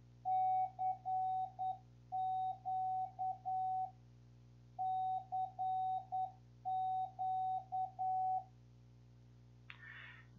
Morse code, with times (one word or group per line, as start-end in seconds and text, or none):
0.3-3.9 CQ
4.8-8.4 CQ